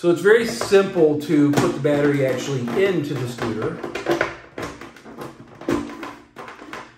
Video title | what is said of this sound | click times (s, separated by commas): How To Operatine and Charge The Batteries on your Megatrone Mobility Scooter | just kind of clicks right into place but we'll take a look at the actual | 6.7 s